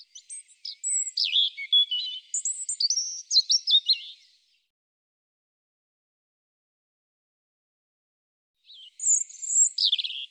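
European robin song: a four-second run of liquid whistles and rapid warbled notes, then a long pause before a second high sweet phrase begins.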